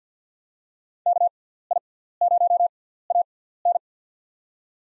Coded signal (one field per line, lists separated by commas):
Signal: Morse code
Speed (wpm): 50 wpm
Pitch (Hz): 700 Hz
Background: none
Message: KI0AN